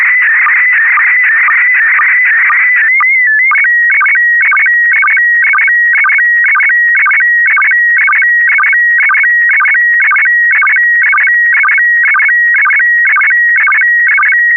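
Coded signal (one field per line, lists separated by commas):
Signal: SSTV (slow-scan television)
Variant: PD 120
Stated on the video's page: SSTV images sent over an amateur FM repeater on 441.300 MHz during a weekly SSTV net, using MMSSTV software.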